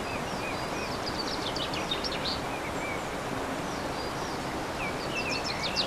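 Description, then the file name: Birds singing brief high twittering phrases and thin chirps, scattered throughout, partly masked by constant rushing background noise. Birdsong recorded on 15 March 2014 with an MZ-N 710 recorder. "MZ-N 710 Chants d oiseaux 15 03 14"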